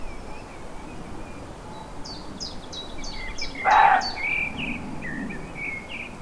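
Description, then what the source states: Roe deer with one abrupt hoarse bark in the middle, surrounded by chirping songbirds and a run of rapid high notes. Recorded 5 May 2011 on an MZ-N710 recorder.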